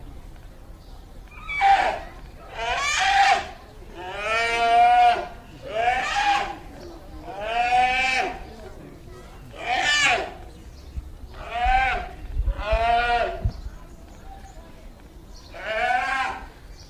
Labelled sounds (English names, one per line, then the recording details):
Polar Bear call
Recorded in captivity
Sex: male
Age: juvenile
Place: Zoo Berlin, Berlin, DE
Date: 2007-06-07 16:30
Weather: slightly overcast, ca. 30°C
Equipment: Sony WM-D6C, Sennheiser ME 80
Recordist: Tembrock, Günter